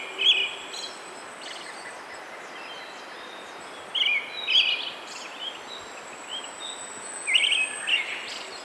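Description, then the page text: Brown-headed thrush giving three bursts of scratchy chirps a few seconds apart, with thin high whistles drawn out in the background. "Desmond Allen - Золотистый дрозд (Turdus chrysolaus)"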